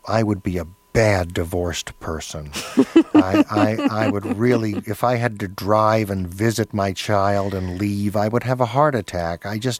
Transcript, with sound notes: I would be a bad divorced person.
(Laughter).
I would really - if I had to drive and visit my child and leave, I would have a heart attack.